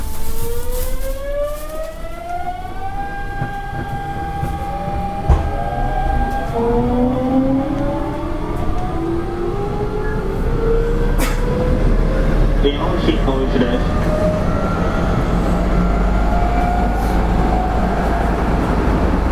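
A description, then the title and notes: An electric train accelerates, its motor whine climbing steadily in pitch over a constant low rumble, with occasional sharp clicks from the track. 阪神5500系 普通 高速神戸から御影まで. It is the running sound of the Hanshin Electric Railway 5500 series train. I recorded it on a local train.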